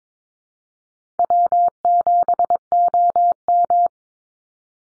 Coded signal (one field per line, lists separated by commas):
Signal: Morse code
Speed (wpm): 22 wpm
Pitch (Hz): 700 Hz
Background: none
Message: W7OM